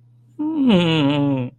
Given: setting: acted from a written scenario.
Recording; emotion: vocal sound without words; sadness